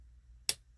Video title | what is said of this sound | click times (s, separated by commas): Transformers Studio Series 86 SWOOP Review | till it locks in place | 0.5 s